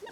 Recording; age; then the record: pig call; piglet (1 to 25 days)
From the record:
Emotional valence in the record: positive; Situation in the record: huddling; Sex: female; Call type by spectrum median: low-frequency call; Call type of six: low-frequency tonal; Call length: 0.12 s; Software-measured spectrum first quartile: 608 Hz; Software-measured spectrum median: 1113 Hz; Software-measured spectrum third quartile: 2462 Hz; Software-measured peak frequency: 425 Hz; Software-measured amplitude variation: 118 dB a second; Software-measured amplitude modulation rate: 12.7 a second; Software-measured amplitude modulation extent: 9.3 dB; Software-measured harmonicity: 14.0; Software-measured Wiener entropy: -2.14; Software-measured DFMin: 778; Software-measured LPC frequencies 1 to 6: 530, 1083, 1821, 2849, 3585, 4074 Hz